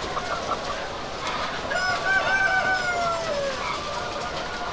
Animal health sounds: poultry house recording; healthy chickens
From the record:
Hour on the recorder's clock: 12

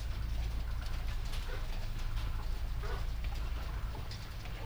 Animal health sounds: poultry house recording; sick chickens (respiratory disease)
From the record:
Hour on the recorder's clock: 22

